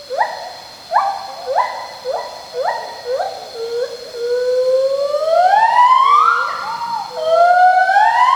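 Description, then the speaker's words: Pileated gibbon song: a run of short rising whoops, building into longer, louder rising notes with bright upper tones. Pileated gibbon singing; gibbon songs are complex and carry information. "This is the call of a gibbon. Now, this one is a pileated gibbon singing."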